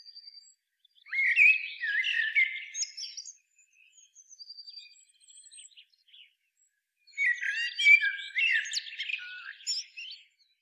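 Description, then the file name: Common blackbird song: two full warbled phrases with squeaky high flourishes, separated by a stretch of faint, scattered twittering. "Turdus merula"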